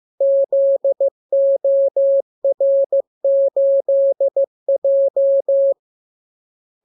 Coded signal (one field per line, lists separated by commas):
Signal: Morse code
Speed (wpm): 15 wpm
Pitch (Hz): 550 Hz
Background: none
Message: ZOR8J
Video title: Learning Morse Code. Lesson 40. Letter KMURESNAPTLWI.JZ=FOY,VG5/Q92H38B?47C1D60X